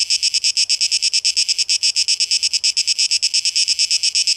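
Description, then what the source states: Cicada song: a loud, high, rasping buzz pulsed rapidly, steady throughout, with no other clear sounds. Recorded 12 August 2023; tape echo mix.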